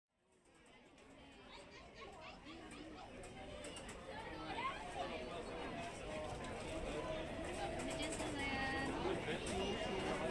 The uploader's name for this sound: Disneyland Park Binaural Walk Through